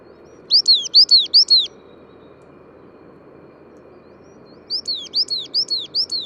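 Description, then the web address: Coal tit song: quick high two-note phrases repeated in rapid bursts, a run of several near the start and another series at the end, over a soft low hum. "wroblowe ptaki periparus ater"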